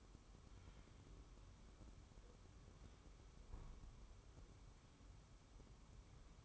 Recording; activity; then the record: daily activity, microphone in the room; wipe stove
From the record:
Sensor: 1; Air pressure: 1015.1 hPa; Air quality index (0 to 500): 58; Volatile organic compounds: 1 ppm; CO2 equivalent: 736 ppm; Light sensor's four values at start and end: 14/32/13/15 and 14/32/13/15